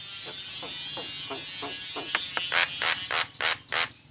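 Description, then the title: Javan myna song: soft harmonic chatter at first, then a burst of loud rasping notes repeated about three times a second. Bird singing actively, a state known locally as gacor. "Jalak kebo Gacor"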